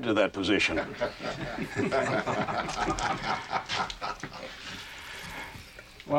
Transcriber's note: soundbite of laughter